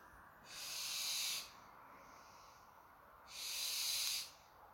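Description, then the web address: Western barn owl uttering two long, rasping hissed screeches against a quiet background. Recorded 21 August 2020 at 23:19, at night. "Som-21-08-2020-23 h 19 de-coruja-das-torres"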